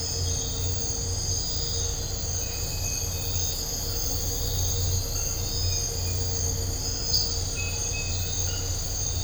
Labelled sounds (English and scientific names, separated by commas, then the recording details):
none
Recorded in dense forest near Puerto Asís, Putumayo, Colombia, on 4 March 2025 at 04:30
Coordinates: 0.468, -76.322
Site GP01